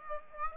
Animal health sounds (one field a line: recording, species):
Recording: mosquito wingbeat signal from an infrared sensor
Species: Aedes aegypti